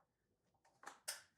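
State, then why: Seated. A dust collection hose is clipped into the Centec quick-change dust adapter on a WEN track saw. A few faint handling noises and a sharp knock at 0.9 s lead to a louder, bright snap at 1.1 s as the hose seats in the adapter.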